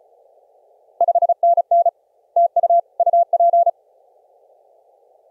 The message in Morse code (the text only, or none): 5NN TU UP